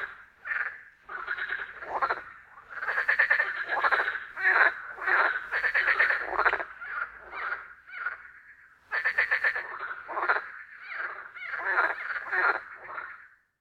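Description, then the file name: Rattling frog croaks follow one another almost continuously, roughly one and a half per second, with a brief pause midway before the chorus resumes. "Frogzma"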